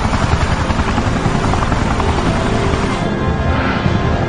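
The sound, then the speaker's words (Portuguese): Loud, steady helicopter rotor noise from a helicopter escape at the end of a video game fills the whole stretch, a dense rumbling roar with a rapid low chopping pulse that holds constant throughout, no voices present. “Tá, e daí no final do jogo eles fogem de helicóptero”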